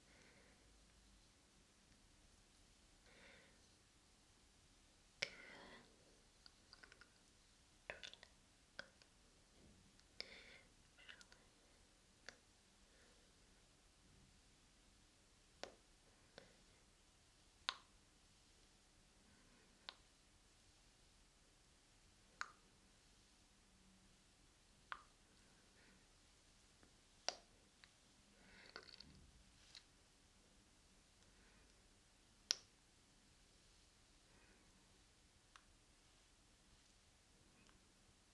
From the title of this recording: Face Massage and Face Brushing